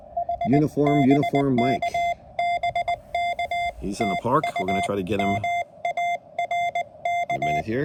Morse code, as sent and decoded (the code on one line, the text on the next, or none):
.... / -... -.- -... -.- / - ..- / -- .- .-. -.-
H BKBK TU MARK